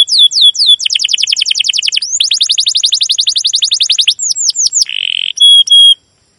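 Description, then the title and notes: Domestic canary song: long runs of fast descending chirps repeated in rapid trills, broken by sweeping notes and a short buzzy rattle near the end. Long, continuous chirping canary song used as a lure to train young canaries to learn the sound. "CUIT CUIT NGEROL LANGSUNG GACOR PANJANG Kenari Ini AMPUH Utk Pancingan KENAR. PANCINGAN Kenari GACOR PANJANG Cuit CUIT EMOSI ini AMPUH utk MASTERAN Kenari PAUD belajar BUNYI. burung kenari"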